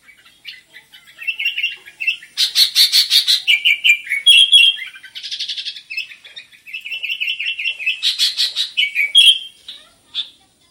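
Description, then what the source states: Sooty-headed bulbul singing busy, chattering phrases of quick whistles mixed with harsh, scratchy rasping notes, nearly nonstop. Bird described as gacor, singing vigorously and continuously.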